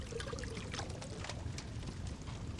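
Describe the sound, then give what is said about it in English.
A fresh, hot drink pours in a steady, continuous stream from a pot hanging above a fire, with a splashy gurgle and faint crackly bubbling over a low, even rumble. No one speaks. “Mrs. Weasley takes the pot that is hanging above the fire and pours you a fresh, hot drink”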